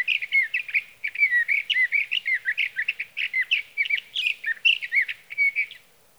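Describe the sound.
Sage thrasher singing a continuous stream of quick, varied warbled notes, some slurred and some buzzy, flowing for almost six seconds.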